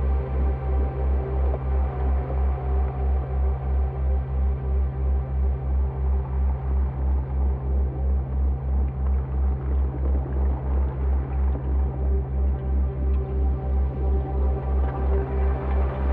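A slowed, resonated dishwasher drone throbs with a steady low pulse about three times per second, faint swirling tones drifting above throughout.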